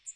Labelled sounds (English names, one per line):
Magnolia Warbler flight call